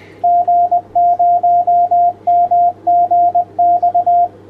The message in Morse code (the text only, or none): G0MGX